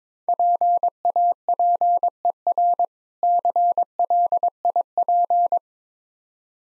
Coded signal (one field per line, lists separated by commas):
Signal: Morse code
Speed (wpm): 22 wpm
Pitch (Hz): 700 Hz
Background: none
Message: PAPER CLIP